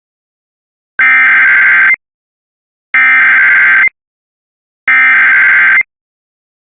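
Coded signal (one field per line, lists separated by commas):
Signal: Emergency Alert System (SAME) tones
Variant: header bursts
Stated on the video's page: Real alerts, partly from radio station audio supplied by others.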